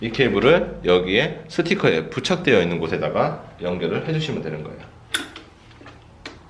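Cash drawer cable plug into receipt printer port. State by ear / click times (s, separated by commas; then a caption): seated / 6.3 s. Someone talks while a cash drawer's modular cable plug is pushed into the labeled port on the back of a receipt printer, followed by a few faint handling ticks. A sharp click at 6.3 s marks the plug seating, so the cash drawer is correctly connected to the printer.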